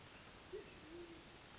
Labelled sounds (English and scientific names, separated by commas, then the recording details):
Band-tailed Pigeon (Patagioenas fasciata)
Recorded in Sonoma County, California